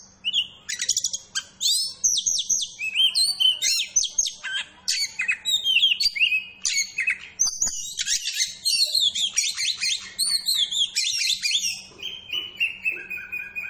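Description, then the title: Oriental magpie-robin song, a dense rapid run of varied sharp whistles, chattering notes and high trills, ending in a long steady whistled note, with a faint low hum throughout. Two Oriental magpie-robins (kacer) of different character, fired up and singing against each other in full bursts. "Kacer Langsung Tarung Konslet KACER NGOTOT FULL TEMBAKAN. Dua Kacer Berbeda Karakter"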